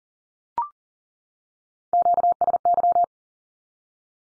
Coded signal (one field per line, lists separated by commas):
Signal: Morse code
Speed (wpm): 40 wpm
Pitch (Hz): 700 Hz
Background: none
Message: QSY